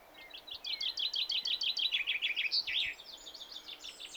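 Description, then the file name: Common chaffinch singing a fast run of repeated chipping notes that drop in pitch and finish with a brief flourish, followed by fainter high twittering. "Fringilla coelebs"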